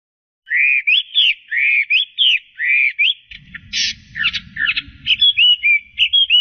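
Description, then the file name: Chinese hwamei song: loud, rich whistled slurs repeated in a rhythmic series, then harsher buzzy notes and more whistles, with low rumbling noise midway. "audio kicauan burung hwamei. omkicau"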